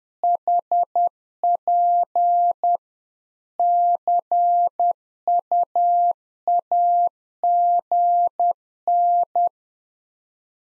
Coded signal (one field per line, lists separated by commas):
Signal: Morse code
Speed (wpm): 10 wpm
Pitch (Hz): 700 Hz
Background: none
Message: HP CUAGN